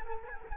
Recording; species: mosquito wingbeat signal from an infrared sensor; Culex quinquefasciatus